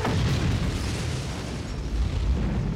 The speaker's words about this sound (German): Getroffen stürzen beide Jäger in einem Feuerball in die umliegenden Felder des Dorfes.